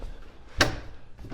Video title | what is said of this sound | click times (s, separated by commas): Are You Tired Of Trash? Try This! | You can hear that click. That means it's captured our drawer guides. | 0.6 s